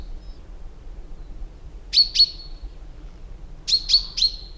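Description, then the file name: Common chaffinch with bright, clipped high notes, a pair first, then a group of three after a gap, over a soft background hum. "Fringilla coelebs"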